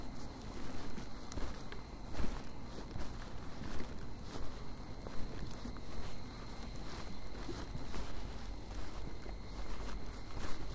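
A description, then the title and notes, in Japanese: Steady footsteps crunch along a summer mountain trail in the evening, while insects hum in thin, constant high tones and birds call faintly. 景信山・高尾山 - VOICE OF MOUNTAIN。夏の夕方、景信山から高尾山を歩いたときにステレオマイクで収録した音声です。夕方らしい虫や鳥の声と山をただ無心で歩いています。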